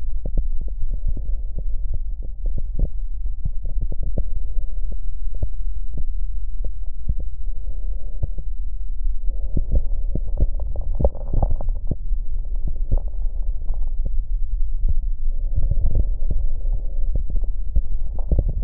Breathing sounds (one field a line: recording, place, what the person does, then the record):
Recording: lung sounds by stethoscope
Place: left posterior basal chest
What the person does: quiet breathing, then deep breathing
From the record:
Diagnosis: COPD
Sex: male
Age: 70 years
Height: 183 cm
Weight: 116 kg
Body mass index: 34.6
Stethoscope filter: extended mode